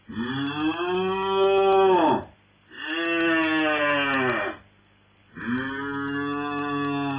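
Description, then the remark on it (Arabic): A calf moos three times in long, drawn-out bellows separated by brief pauses. The calls are loud and rich in harmonics, with a slightly rising then falling pitch, and no voices accompany them. “وأين هو العجل؟ في قبة تليق لكسرى وآبائه.”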